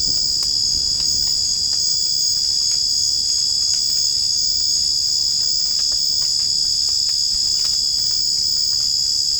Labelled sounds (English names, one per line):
none